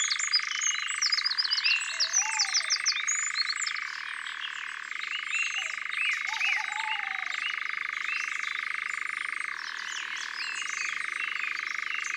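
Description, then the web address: European nightjar giving a sustained mechanical churr that drops in pitch twice. Lively songbird phrases come early, with a couple of low slurred whistles. "Engoulevent-d Europe abc-de-la-nature"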